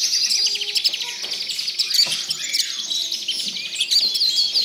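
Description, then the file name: Tropical birds chirp and trill in a thick high chorus, while a lower whistled note sounds a few times and sharp calls punctuate the mix. "Authentic Sound Effects - Tropical Birds"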